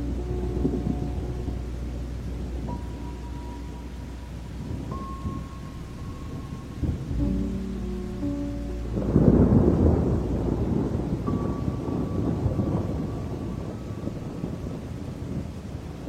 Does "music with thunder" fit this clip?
yes